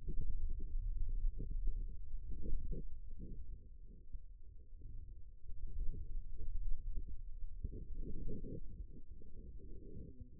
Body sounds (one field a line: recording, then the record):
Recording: forearm muscle sounds (acoustic myography)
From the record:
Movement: hand opening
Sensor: system 2, bracelet of six BSWA MPA416 microphones around the upper forearm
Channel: 3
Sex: male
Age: 22 years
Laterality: right